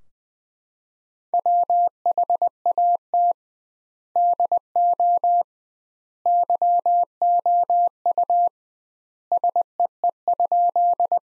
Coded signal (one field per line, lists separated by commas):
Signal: Morse code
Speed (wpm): 20 wpm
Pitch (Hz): 700 Hz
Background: none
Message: WHAT DO YOU SEE?